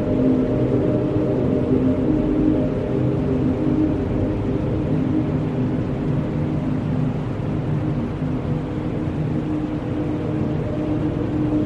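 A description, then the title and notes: A steady pink noise wash runs under a low alien drone, with sustained humming tones stacked in the low and low-middle range. The sound stays dense and unchanging for the whole stretch, dark rather than bright, with no distinct events breaking through. Pink Noise and Alien Drone.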